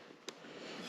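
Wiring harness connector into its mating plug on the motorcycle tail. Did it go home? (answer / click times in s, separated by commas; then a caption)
yes / 0.3 s. A wiring harness connector is pushed into its mating plug at the tail of a 2024 ZX6R during a TST Industries fender eliminator kit install. It gives a sharp second click at 0.3 s over a quiet background, and the connector is fully seated.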